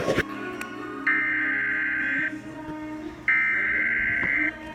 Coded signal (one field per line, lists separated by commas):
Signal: Emergency Alert System (SAME) tones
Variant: header bursts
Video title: Flash Flood Warning EAS #114